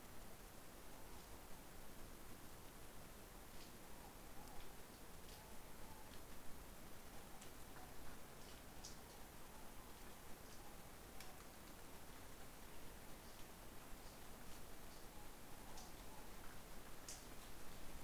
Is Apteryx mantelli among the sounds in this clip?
no